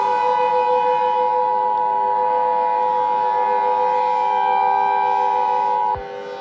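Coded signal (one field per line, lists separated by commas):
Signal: Emergency Alert System (SAME) tones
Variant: 853 and 960 Hz attention tone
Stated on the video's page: Fictional EAS mock scenario using valid EAS tones.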